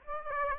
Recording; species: mosquito wingbeat signal from an infrared sensor; Aedes aegypti